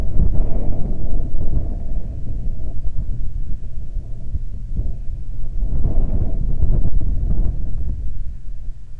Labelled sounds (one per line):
wind
aircraft